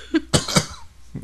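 A brief throaty sound is followed by two loud, harsh cough bursts in quick succession, then a softer trailing one: a short bout of dry-sounding coughing from an adult, in a small indoor room.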